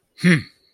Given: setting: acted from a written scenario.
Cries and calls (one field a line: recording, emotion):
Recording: vocal sound without words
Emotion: contempt